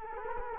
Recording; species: mosquito wingbeat signal from an infrared sensor; Culex quinquefasciatus